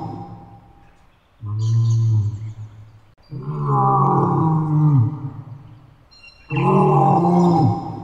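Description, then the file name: Lion roaring: three long, deep moaning roars separated by short quiet pauses, each rough and throaty, the middle one sliding down in pitch at its close. Lioness, a female lion. "Löwin"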